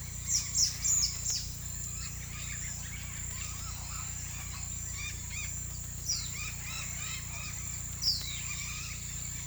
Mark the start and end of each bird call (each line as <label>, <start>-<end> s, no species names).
bird call, 0.00-1.46 s
bird call, 1.96-5.47 s
bird call, 5.98-7.62 s
bird call, 7.89-8.32 s